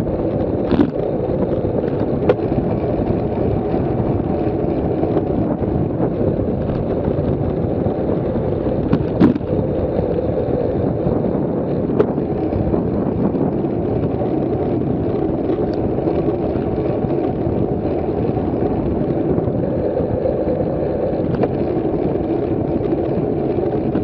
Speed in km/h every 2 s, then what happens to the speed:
38, 40, 38, 36, 35, 34, 36, 36, 36, 34, 35, 35.
0-24 steady at about 36.